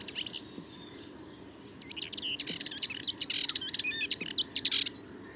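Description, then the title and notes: Sardinian warbler song, a fast nervous jumble of dry chatters and thin high whistles building in the second half. Bird in the Camargue, France, 22 March 2019, at twilight before full daylight, a long, incredibly nervous and rapid song; recorded with a parabolic reflector. "Le Charnier - Camargue. une Fauvette mélanocéphale (Sylvia melanocephala)"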